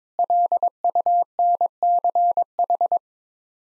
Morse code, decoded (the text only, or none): LUNCH